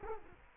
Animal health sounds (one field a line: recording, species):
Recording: mosquito wingbeat signal from an infrared sensor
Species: Culex quinquefasciatus